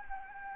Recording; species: mosquito wingbeat signal from an infrared sensor; Anopheles gambiae